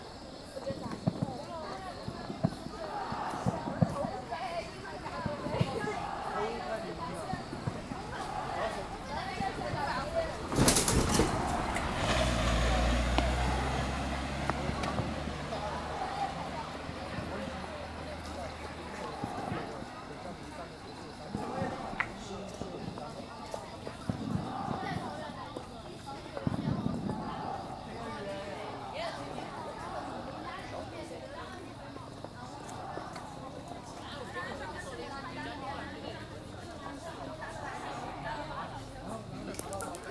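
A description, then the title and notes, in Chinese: New students arriving at a college campus, with a constant murmur of many voices talking at once. Footsteps and scattered knocks punctuate the crowd noise. Around eleven seconds a sharp bang is followed by a brief low rumble. 绵阳职业技术学院，我录到了新生入校的一些声音。At the Mianyang Technical College I recorded the sound of the new students。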